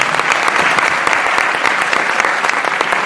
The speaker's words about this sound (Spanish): Fuerte aplauso también para él.